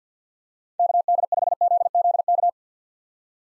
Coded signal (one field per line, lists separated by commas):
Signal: Morse code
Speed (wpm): 50 wpm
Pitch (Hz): 700 Hz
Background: none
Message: KD5ZZK